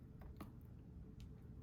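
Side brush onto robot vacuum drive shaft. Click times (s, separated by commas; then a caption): 0.4 s. A plastic side brush is pressed onto its drive shaft under a Yeedi vac 2 pro robot vacuum and snaps into place with a sharp click at 0.4 s. A fainter tick follows at 1.2 s over a low background hum. The brush is seated on the shaft.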